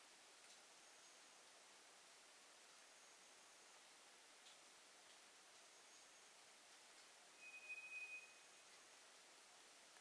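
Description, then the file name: White's thrush: one faint, level whistled note near the end, otherwise only steady background hiss. Recorded on 2 July 2007. "toratugumi-20070702"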